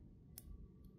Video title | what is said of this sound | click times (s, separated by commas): Google Pixel 9 Pro XL / 9 Pro / 9: How to Insert SIM Card! | you'll hear it snap in | 0.4 s